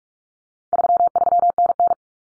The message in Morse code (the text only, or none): 33NN